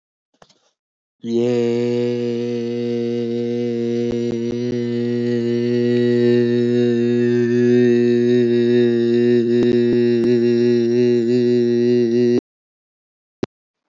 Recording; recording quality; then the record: sustained vowel as in made; excellent, no background noise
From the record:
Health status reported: healthy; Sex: male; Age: 29 years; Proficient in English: yes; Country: India